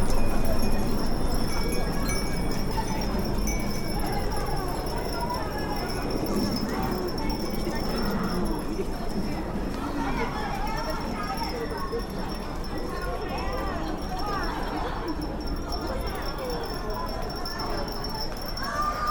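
A busy crowd murmurs steadily throughout, a dense wash of overlapping voices and footsteps. Above it, wind chimes ring with thin, high, sustained tones that hang over the bustle for the whole stretch, never fading away.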